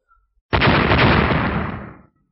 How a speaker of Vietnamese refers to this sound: Hai tiếng nổ vang lên, độc giác và huyết quang vừa va chạm đã bộc phát ra điện quang chói mắt.